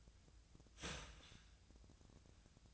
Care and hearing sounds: daily activity, microphone in the room; start toaster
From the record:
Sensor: 2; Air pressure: 1009.2 hPa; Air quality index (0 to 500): 186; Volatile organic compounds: 11 ppm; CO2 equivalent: 2310 ppm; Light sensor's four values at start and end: 23/57/24/26 and 23/57/24/26

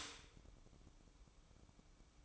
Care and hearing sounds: daily activity, microphone in the room; stop toaster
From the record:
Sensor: 1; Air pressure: 1007.1 hPa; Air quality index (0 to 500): 73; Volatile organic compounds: 1 ppm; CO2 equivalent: 653 ppm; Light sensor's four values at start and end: 8/19/7/8 and 8/19/7/8

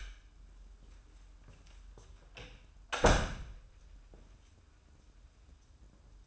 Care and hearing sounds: daily activity, microphone in the room; close door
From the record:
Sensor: 2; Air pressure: 994.3 hPa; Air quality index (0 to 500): 204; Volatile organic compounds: 1000 ppm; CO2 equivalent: 6768 ppm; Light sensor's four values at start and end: 98/232/97/99 and 93/219/92/93

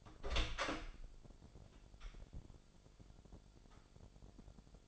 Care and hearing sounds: daily activity, microphone in the room; open door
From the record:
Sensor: 5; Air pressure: 1007.3 hPa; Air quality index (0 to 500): 163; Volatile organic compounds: 4 ppm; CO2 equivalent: 1567 ppm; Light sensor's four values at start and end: 57/162/63/63 and 57/161/62/62

